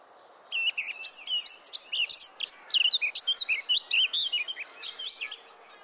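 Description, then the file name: Eurasian blackcap singing a continuous, hurried warble of varied fluty whistles and chattering notes, steady throughout, over a faint hiss. "Sylvia atricapilla"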